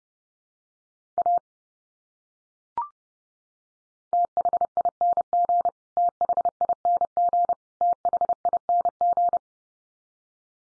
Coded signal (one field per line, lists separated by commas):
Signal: Morse code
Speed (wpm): 30 wpm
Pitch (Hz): 700 Hz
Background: none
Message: A THING THING THING